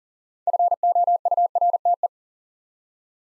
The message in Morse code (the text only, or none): FOURTE